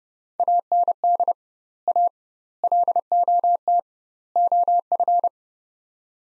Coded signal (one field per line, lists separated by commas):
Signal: Morse code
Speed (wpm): 30 wpm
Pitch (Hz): 700 Hz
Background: none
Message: AND A LOT OF